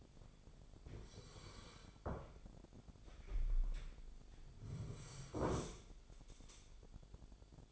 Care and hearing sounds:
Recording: daily activity, microphone in the room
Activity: sit down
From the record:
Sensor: 5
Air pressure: 1007.9 hPa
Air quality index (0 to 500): 153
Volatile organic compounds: 3 ppm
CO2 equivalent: 1474 ppm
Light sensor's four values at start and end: 57/160/62/62 and 56/160/62/61

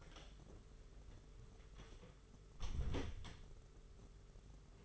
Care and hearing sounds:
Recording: daily activity, microphone in the room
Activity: close door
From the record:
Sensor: 4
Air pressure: 992.4 hPa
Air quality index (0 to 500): 113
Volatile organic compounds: 21 ppm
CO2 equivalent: 2737 ppm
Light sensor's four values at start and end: 21/73/27/28 and 22/76/27/29

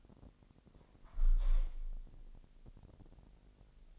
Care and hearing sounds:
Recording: daily activity, microphone in the room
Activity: close window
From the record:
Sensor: 5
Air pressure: 1000.4 hPa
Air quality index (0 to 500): 248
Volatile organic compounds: 34 ppm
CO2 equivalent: 3048 ppm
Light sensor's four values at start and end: 34/78/31/29 and 34/78/31/29

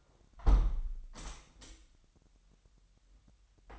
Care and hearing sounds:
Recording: daily activity, microphone in the room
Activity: close window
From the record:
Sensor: 3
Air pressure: 998.1 hPa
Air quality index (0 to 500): 146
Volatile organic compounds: 5 ppm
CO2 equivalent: 1735 ppm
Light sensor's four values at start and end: 13/39/16/14 and 13/39/16/14

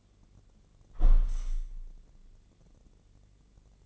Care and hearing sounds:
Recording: daily activity, microphone in the room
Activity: close window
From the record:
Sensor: 4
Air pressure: 1013.2 hPa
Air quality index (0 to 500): 171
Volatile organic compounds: 2 ppm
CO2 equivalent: 1078 ppm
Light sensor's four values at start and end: 36/89/36/36 and 36/89/36/36

